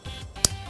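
On a GaoGaiGo candy-toy plastic robot model, the drill part for the other side is lined up by eye and pushed down from above into the body joint. It snaps sharply into place at 0.4 s over a low steady background hum, and the joint is seated.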